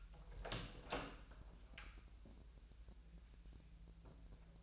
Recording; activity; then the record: daily activity, microphone in the room; open door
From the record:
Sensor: 2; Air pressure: 1001.3 hPa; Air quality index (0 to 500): 243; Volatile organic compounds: 77 ppm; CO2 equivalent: 3582 ppm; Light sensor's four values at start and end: 7/16/6/6 and 7/17/7/7